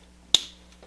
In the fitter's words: there and press it into its clips and you'll hear them snapping in